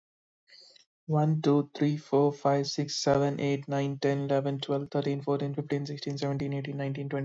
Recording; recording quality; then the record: counting at a fast pace; excellent, no background noise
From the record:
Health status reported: COVID-19 positive, mild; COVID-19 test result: positive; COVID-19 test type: RT-PCR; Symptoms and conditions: cold, fever, loss of smell and taste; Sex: male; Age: 27 years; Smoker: no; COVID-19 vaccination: both doses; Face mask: not worn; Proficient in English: yes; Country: India